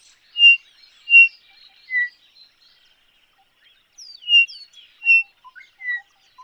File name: Chinspot-Batis-e Bird